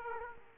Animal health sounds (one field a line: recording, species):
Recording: mosquito wingbeat signal from an infrared sensor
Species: Aedes aegypti